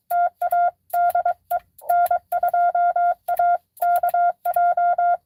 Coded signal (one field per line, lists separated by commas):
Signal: Morse code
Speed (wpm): 23 wpm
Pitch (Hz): 700 Hz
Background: none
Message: TA DE N2AKJ